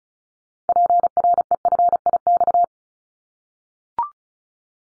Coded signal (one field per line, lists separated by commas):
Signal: Morse code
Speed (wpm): 34 wpm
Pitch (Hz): 700 Hz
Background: none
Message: PREFIX